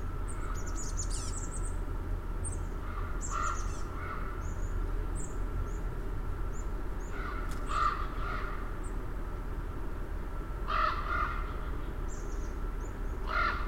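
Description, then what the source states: Raven calls, a few hoarse croaks spaced several seconds apart, mixed with high thin chickadee notes over a steady low rumble. Recorded 6 October 2008 with chickadees.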